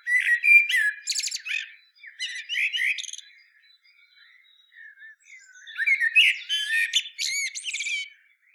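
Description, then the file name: Common blackbird song in two loud phrases, each a mellow fluted warble running into high, rapid squeaky twitters, with a near-quiet gap between them. "Turdus merula"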